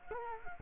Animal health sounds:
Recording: mosquito wingbeat signal from an infrared sensor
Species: Culex quinquefasciatus

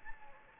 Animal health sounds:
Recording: mosquito wingbeat signal from an infrared sensor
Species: Anopheles gambiae

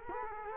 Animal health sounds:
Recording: mosquito wingbeat signal from an infrared sensor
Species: Culex quinquefasciatus

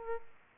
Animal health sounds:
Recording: mosquito wingbeat signal from an infrared sensor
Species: Aedes aegypti

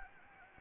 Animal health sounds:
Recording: mosquito wingbeat signal from an infrared sensor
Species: Anopheles gambiae

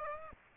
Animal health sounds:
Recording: mosquito wingbeat signal from an infrared sensor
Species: Aedes aegypti

